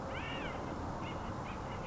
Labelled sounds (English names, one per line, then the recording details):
Acorn Woodpecker
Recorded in Sonoma County, California